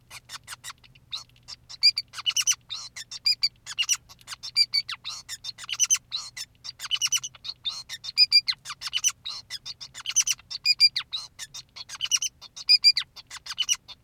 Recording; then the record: song of a male Bengalese finch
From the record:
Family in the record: son of father 2, and himself father 5